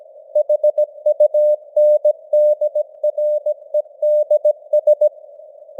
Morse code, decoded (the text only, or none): HUNDREDS